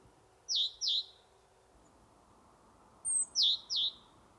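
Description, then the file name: Great tit calls: sharp high notes in a pair, then a group of three, crisp and evenly spaced against quiet background. "Parus major"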